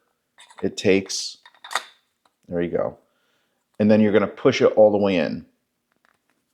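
Someone talks while handling the aligned white and blue inner plastic part of a foam cannon, which is about to be pushed all the way into the foam cannon body, with a few faint plastic taps between the words. Both parts have O-rings for a snug fit, and nothing has seated or clicked yet.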